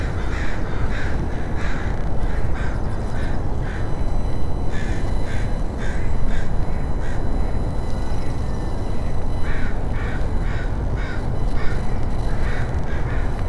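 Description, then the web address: Crows give repeated hoarse caws in irregular bursts, against constant heavy low-frequency roaring noise. "Coruscate seagulls and crows"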